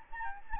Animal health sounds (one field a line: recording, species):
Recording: mosquito wingbeat signal from an infrared sensor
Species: Aedes albopictus